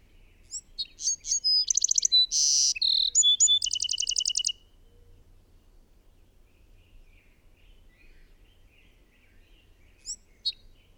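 Bird song: a varied high phrase with buzzy notes and a rapid trill, followed by quiet and two faint high notes near the end.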